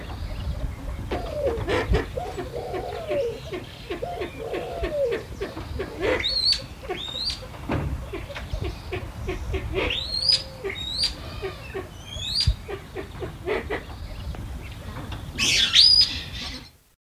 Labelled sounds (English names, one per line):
Silver Pheasant call